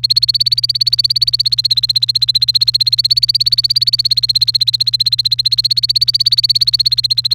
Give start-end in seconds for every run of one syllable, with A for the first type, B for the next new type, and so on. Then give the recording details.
0.00-7.34 A. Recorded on 29 April 2018 at 15:05. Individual llb3